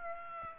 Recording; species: mosquito wingbeat signal from an infrared sensor; Aedes aegypti